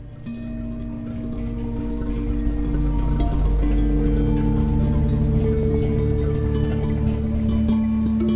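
Steady high-pitched cricket chirping runs without pause beneath gentle droning musical notes that swell slightly.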